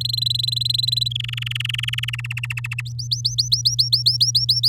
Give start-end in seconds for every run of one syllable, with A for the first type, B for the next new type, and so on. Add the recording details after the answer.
0.00-1.08 A, 1.10-2.33 B, 2.37-2.81 C, 2.85-4.68 D. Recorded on 10 May 2018 at 12:34. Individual llb16